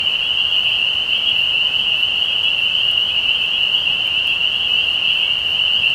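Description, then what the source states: Spring peepers calling together, a constant shrill high-pitched band of overlapping peeps with no pauses. Recorded 15 May 2020.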